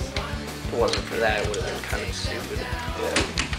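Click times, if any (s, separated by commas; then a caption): none. A plastic zord part is being handled and fitted toward its slot on a toy Megazord body while someone talks over background music. Nothing has seated or clicked yet; the clip ends before the part goes home.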